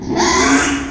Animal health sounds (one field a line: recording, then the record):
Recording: squeal of a Yucatan mini pig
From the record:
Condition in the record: after surgery on the right vocal fold (resection and tissue-engineered implant)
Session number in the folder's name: 3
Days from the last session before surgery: 33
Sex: male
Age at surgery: 12 weeks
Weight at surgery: 13 kg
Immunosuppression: cyclosporine, prednisolone